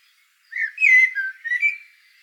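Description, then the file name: Eurasian blackbird giving one short, mellow phrase of several slurred whistled notes. "solsort volker arnold"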